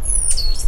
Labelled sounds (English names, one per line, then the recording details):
Stitchbird song
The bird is a male
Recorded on Tiritiri Matangi Island, New Zealand, in 2005
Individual 10, of nest box 12